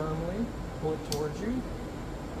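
A plastic wiper blade adapter for a Rain-X Expert Fit wiper blade is handled against the metal windshield wiper arm of a Ford Focus ST, being pushed on firmly and pulled toward the person, while someone talks over a steady low background hum. Nothing has seated or clicked yet.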